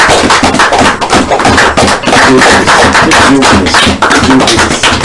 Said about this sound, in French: Que le Seigneur vous bénisse. Applaudissez pour le frère.